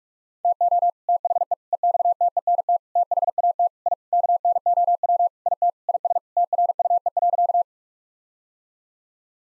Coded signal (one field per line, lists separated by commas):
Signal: Morse code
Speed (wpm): 42 wpm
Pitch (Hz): 700 Hz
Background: none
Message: TO THE EXTENT THAT I KNOW IT IS TRUE.